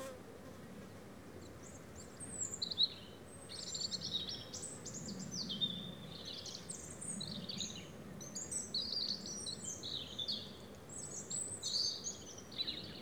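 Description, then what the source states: European robin song: dense run of high, thin, twittering and trilled phrases, quickly varied in pitch, almost continuous over soft low background rumble. Several robins singing in the afternoon at Méandres du Saugey, Brangues, France, in the Haut-Rhône; recorded with a Dodotronic stereo parabola (EM172) and Zoom H4n Pro.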